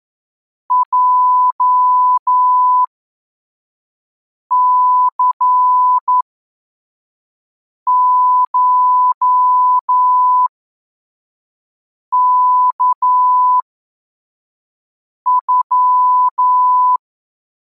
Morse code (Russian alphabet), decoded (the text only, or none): ЙЦШКЮ